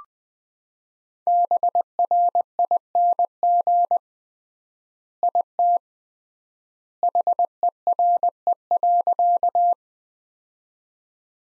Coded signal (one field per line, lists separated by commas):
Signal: Morse code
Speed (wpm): 20 wpm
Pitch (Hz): 700 Hz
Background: none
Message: BRING IT HERE.